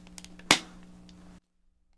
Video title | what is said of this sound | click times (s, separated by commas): Make Realistic Electric Candles for Halloween, Christmas, and Weddings | And if you heard that snap, | 0.5 s